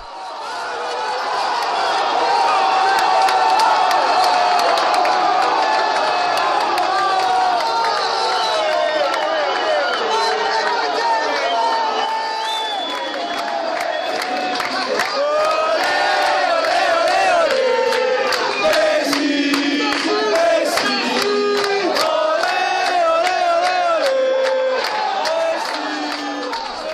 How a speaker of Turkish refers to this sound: Ancak tabii ki takımlarının yıldızı Messi'nin golü gelince de onları rahatlatan, çok daha rahatlatan bir gol gelince hem Messi hem Arjantin çığlıkları maçı izlediğim barda her yeri kapladı.